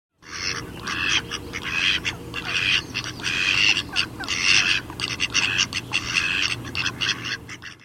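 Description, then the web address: Mallard calls: a continuous run of harsh, noisy quacking bursts, loud and dense throughout, with a rough, rasping texture and steady low rumble underneath. "Zoo Field Guide"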